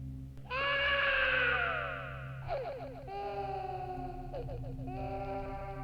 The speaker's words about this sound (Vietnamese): Ở bên tai, chợt truyền đến tiếng khóc của trẻ con.